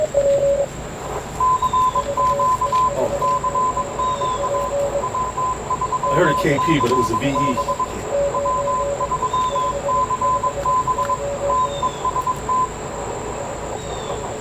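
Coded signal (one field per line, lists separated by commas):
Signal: Morse code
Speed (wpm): 21 wpm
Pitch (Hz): 1000 Hz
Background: speech, radio noise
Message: CQ CQ W3CB W3CB TEST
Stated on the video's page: Amateur radio club Reverse Beacon Network exercise during the solar eclipse.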